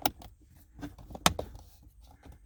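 Long plastic trim pieces are lined up and pushed into a channel in the console during a wireless charging pad installation in a 2019-2020 Toyota RAV4. A sharp snap at 1.3 s marks the pieces seating in place, with softer ticks around 0.1 s and 1.4 s. The trim ends up sitting in place.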